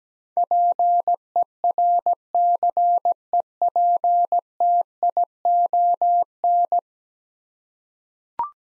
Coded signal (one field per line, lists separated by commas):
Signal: Morse code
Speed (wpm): 17 wpm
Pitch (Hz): 700 Hz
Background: none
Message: PERCEPTION